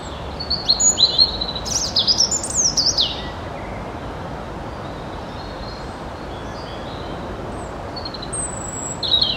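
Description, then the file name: European robin singing one high, tumbling phrase of sharp whistles and slurred notes, then near silence with faint notes, and another note beginning at the very end. "Erithacus rubecula"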